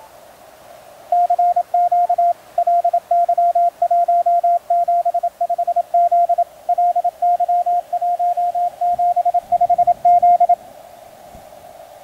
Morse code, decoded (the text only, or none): CQ LY175Z LY175Z